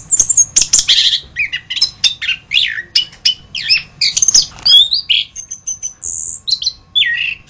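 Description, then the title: Thrush song with quick chattering phrases, high thin whistles and sliding notes, a busy medley delivered in bursts with short pauses. "Suara Burung Anis"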